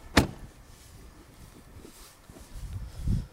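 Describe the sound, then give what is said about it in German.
At night, a single sharp thunk like a car door, followed by quiet low rumbling and a swell of motor-like whirring near the end, as from a car window or engine. No one speaks. “Und deshalb müssen Sie das schon mal machen, weil ich muss mit dem Auto hier hin und her fahren.”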